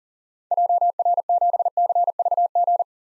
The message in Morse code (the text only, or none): JR7CVG